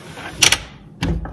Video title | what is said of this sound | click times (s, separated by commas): How Do I Remove This Drawer? | I generally will just pull the rails out until they snap into place, like | 0.4 s, 0.5 s